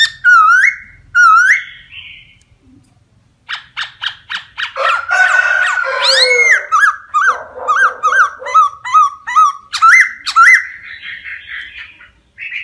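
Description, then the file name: Laughingthrush song: two upswept whistles, a short pause, then a dense burst of mixed notes leading into a long string of repeated whistled phrases. Song in the wild-voice style, called giọng rừng. "Tieng khuou hot giong rung"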